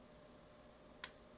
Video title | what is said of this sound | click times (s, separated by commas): How to Install CORDLESS Window Blinds, FAUX WOOD, Inside Window Mount | Install the twist rod by inserting it into the hole until you hear a click. | 1.0 s